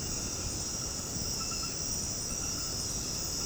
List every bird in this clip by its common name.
none